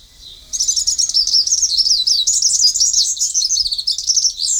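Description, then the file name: Bird song: after a faint opening note, a continuous stream of very high, quick twittering and chattering phrases runs to the end. "Vogel"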